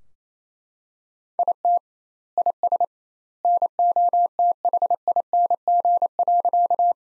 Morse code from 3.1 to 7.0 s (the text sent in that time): NOTHING.